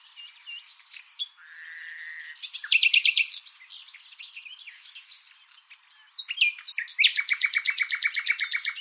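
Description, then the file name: Common nightingale singing varied phrases: a steady low whistle, a buzzy series of repeated notes, softer chatter, then a long loud rattle of fast repeated notes. "Luscinia megarhynchos"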